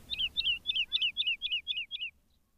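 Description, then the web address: Woodlark song: a steady series of about eight clear, downward-slurred fluty notes, evenly spaced and repeated roughly four times a second, ending abruptly. "agykontroll Madardalok Cd 2. Erdei pacsirta"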